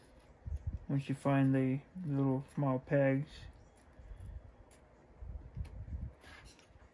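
Someone talks while a plastic internal part is felt around and lined up on the small locating pegs inside the housing of a Soundbot SB510 portable speaker, during a repair because it will not turn on. Only faint handling taps follow, near 5.7 s and 6.6 s. Nothing has seated or clicked into place yet.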